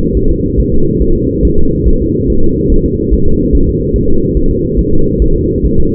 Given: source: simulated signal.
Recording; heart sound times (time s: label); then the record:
fetal heart sounds
0.17 s: S1
0.31 s: S2
0.60 s: S1
0.74 s: S2
1.02 s: S1
1.16 s: S2
1.45 s: S1
1.59 s: S2
1.88 s: S1
2.02 s: S2
2.30 s: S1
2.44 s: S2
2.72 s: S1
2.86 s: S2
3.13 s: S1
3.28 s: S2
3.55 s: S1
3.69 s: S2
3.96 s: S1
4.10 s: S2
4.37 s: S1
4.51 s: S2
4.79 s: S1
4.93 s: S2
5.22 s: S1
5.36 s: S2
5.65 s: S1
5.80 s: S2
From the record:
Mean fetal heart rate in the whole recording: 140 bpm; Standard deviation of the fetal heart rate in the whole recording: 2 bpm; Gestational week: 34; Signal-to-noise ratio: -19.1 dB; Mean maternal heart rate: 72 bpm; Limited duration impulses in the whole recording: present